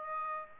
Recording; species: mosquito wingbeat signal from an infrared sensor; Aedes aegypti